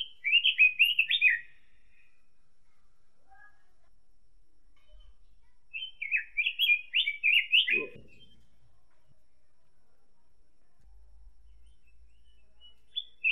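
Robin song: two brief phrases of rapid high warbling, separated by several seconds of near silence, with a short low thud after the second phrase.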